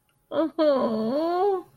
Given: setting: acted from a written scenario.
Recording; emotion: vocal sound without words; sadness